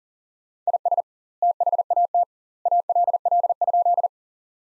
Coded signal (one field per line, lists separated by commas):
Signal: Morse code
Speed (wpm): 37 wpm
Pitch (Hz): 700 Hz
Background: none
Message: IS THAT ALL?